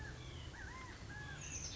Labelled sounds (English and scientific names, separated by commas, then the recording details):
White-breasted Nuthatch (Sitta carolinensis)
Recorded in Sonoma County, California